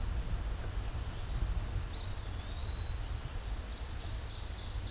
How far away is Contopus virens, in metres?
about 25 m